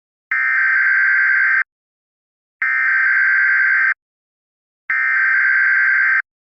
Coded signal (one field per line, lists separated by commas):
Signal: Emergency Alert System (SAME) tones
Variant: header bursts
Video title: EF - N I G H T M A R E (A Tornado Outbreak EAS Scenario)